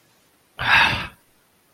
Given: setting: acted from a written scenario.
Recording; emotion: vocal sound without words; disappointment